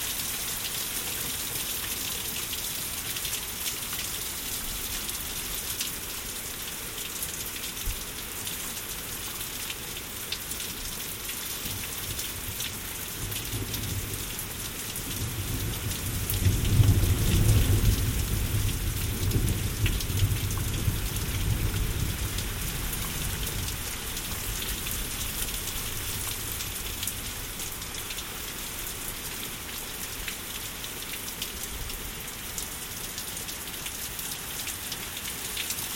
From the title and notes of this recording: Heatwave Thunder Storm. Baglan, August 2020. Recorded using the Sennheiser AMBEO Smart Headset.